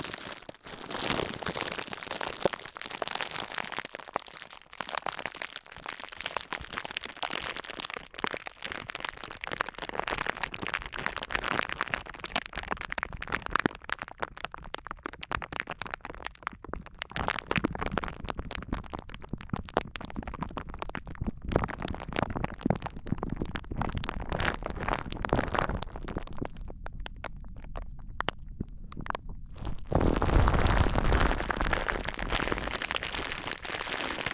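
Materials such as wood, cork, sponge, foam, glass and plastic are rubbed and handled in a dense, crackling stream of scrapes and ticks that runs without pause. Around 26 seconds the sound turns duller and lower, then a steady rough hiss takes over after 30 seconds.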